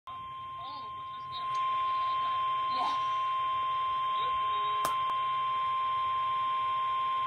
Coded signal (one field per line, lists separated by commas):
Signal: Emergency Alert System (SAME) tones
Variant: 1050 Hz attention tone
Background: speech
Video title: 1/20/21 - Special Marine Warning for much of Delaware and Maryland (EAS #29)